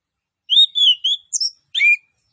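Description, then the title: Orange-headed thrush song: three smooth, wavering whistles followed by two sharper, clipped notes in one brief phrase. Master (masteran) audio of an actively singing bird, with full fill-in phrases that include mimicked cililin notes. "Anis Kembang Gacor 15. MASTERAN ANIS KEMBANG ISIAN FULL DENGAN TEMBAKAN CILILIN"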